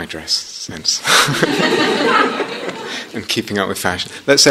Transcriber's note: laughter